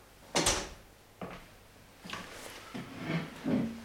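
A chair is dragged and set in place: a sharp bump, then several rough scraping bursts of wood on floor over a few seconds, with no voices.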